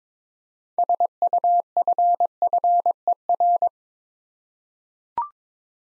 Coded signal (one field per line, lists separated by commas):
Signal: Morse code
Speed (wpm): 22 wpm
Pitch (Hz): 700 Hz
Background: none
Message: SUFFER